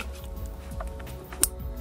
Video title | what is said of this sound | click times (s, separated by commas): How to calibrate the LM-2 Digital Air/Fuel Ratio Meter | make sure you hear that snap | 1.4 s